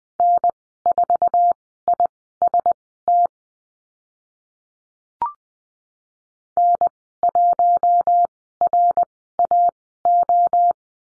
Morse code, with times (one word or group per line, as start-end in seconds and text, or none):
0.2-3.3 N4IST
6.6-10.7 N1RAO